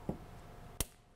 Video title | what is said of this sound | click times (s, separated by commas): GROHE - Rapido SmartBox & Grohtherm SmartControl - Installation Video | and you'll hear them snap in. | 0.8 s